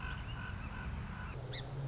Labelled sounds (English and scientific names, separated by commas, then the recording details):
Song Sparrow (Melospiza melodia)
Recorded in Sonoma County, California